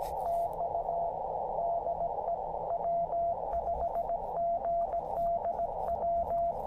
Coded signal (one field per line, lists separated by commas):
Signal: Morse code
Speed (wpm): 19 wpm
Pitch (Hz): 690 Hz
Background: radio noise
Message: TU DE W5GDW